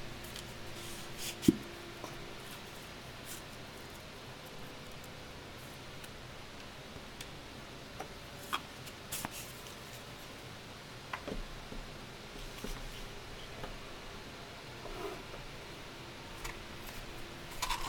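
Quiet candle dressing with soft shuffling and small cutting sounds over a low, steady hum. Brief clicks and scrapes come irregularly, with a sharp tap near the start and clusters of light ticks around the middle and end.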